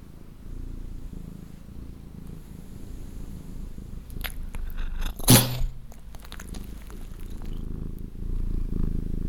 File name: cat sneezes